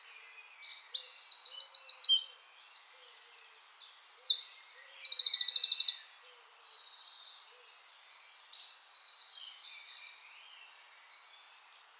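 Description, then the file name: Eurasian wren song, an energetic run of shrill notes and several dry rattling trills for six seconds, followed by quieter twittering phrases. "Troglodytes troglodytes"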